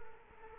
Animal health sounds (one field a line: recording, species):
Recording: mosquito wingbeat signal from an infrared sensor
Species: Culex quinquefasciatus